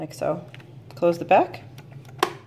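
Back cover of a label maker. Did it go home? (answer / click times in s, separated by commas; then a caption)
yes / 2.2 s. Someone talks as the plastic back cover of a Dymo label maker is pressed closed over the new tape cartridge. A sharp click sounds at 2.2 s as the cover snaps shut and seats.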